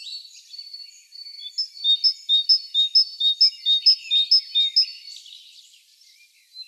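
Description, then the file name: Great tit song: a quiet opening, then a clean see-saw of two high notes repeated about every half second, ending in softer scratchy notes. "Parus major"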